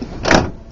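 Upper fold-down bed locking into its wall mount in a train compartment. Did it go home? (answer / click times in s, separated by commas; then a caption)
yes / 0.3 s. Someone throws the bed control lever on an Amtrak sleeper car, and the upper fold-down bunk slides down with a rising rumble. It latches into its wall mount with a loud metallic clunk at 0.3 s, locking the bed into place.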